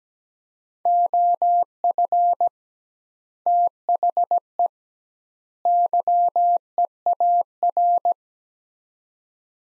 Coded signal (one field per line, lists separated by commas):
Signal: Morse code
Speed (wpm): 17 wpm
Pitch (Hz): 700 Hz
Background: none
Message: OF THE YEAR